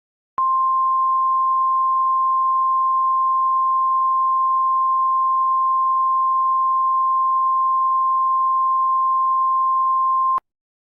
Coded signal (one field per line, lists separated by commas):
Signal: Emergency Alert System (SAME) tones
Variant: 1050 Hz attention tone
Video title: EAS Scenario #18: Megalodon